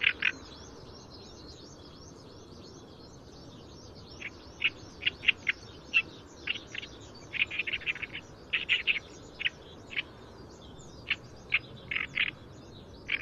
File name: 東方大葦鶯